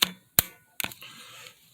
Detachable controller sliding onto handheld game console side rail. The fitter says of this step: then you push down one more time you hear that click so yeah this is